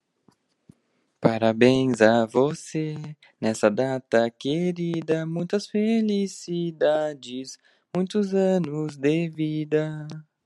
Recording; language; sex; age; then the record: short text; Brazilian Portuguese; male; 18 to 19 years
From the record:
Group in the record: control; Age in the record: 19 years